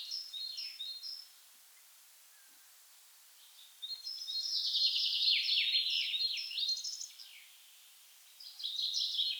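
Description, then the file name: Common chaffinch song, a short phrase at the start, then after a pause a long bright descending trill ending in a flourish, and another phrase beginning near the end. "Fringilla coelebs"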